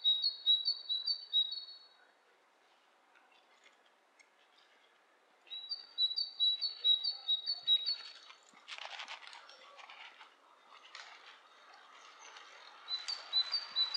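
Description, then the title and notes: Bird giving bursts of quick high chirps separated by pauses; a stretch of sharp clicking or tapping sounds falls between the later chirp series. Two birds interacting, lo-fi recording. "bird dialogs. lo-fi recording of two birds interacting"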